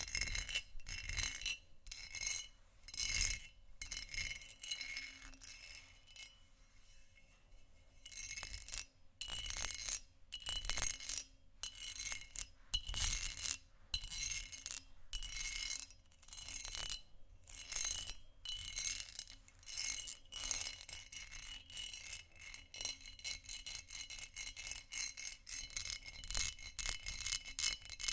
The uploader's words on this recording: ASMR Textured Glass Scratching & Tapping（No Talking）.